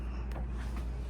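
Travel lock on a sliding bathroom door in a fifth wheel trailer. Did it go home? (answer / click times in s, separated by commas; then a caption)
no / none. The travel lock pin on the sliding bathroom door of a 2026 Forest River Salem Hemisphere ROOST43 fifth wheel trailer is being slid back toward its locked position after the door is opened fully. Over a steady low hum, a few faint short taps come at about 0.3, 0.8 and 1.1 seconds. The clip ends before the lock goes home, so nothing has seated or clicked yet.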